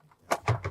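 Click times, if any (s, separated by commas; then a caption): none. An RO membrane filter cartridge is handled at its plastic filter housing, and three short knocks and rubs sound at about 0.3, 0.5 and 0.65 seconds. Nothing has seated or clicked into the housing yet.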